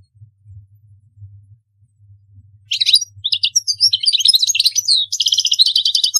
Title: Chant Chardonneret